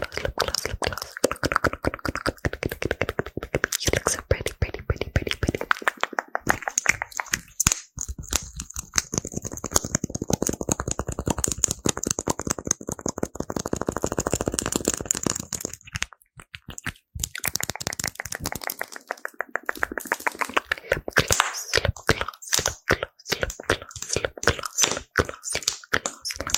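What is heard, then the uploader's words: Fast, aggressive ASMR with mouth sounds: dense bursts of quick tapping, rattling and clicking run almost without pause. Around 7 to 15 seconds the sound thickens into a rapid, fuller texture, and brief near-silences break the flow near 16 and 20 seconds. FAST AND AGGRESSIVE ASMR(with Mouth Sounds).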